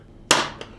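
A small Allen wrench presses down on the center pin of a plastic push peg (push rivet) holding a side panel on a Honda Trail 125 (CT125) motorcycle. A sharp, bright click at 0.3 s is followed by a fainter tick at 0.6 s. The pin clicks down and unlocks, releasing the peg so it can be pulled out.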